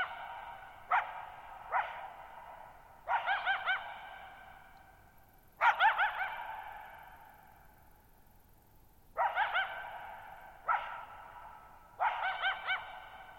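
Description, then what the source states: Coyote barking, single sharp barks mixed with quavering multi-note yelps, spaced irregularly, each trailed by long echoes in stillness. Lone coyote at night, July 14, 2019, Thirtymile Meadows, Okanogan National Forest, Okanogan High Country, Pacific Northwest, 6400 ft (1950 m); high dry plateau, shallow-bowl meadow.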